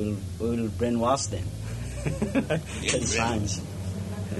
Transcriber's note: laughs